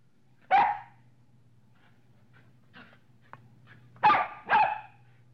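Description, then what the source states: Dog barking: one sharp bark, then after a pause two quick barks close together, over a low steady hum. Medium-sized dog.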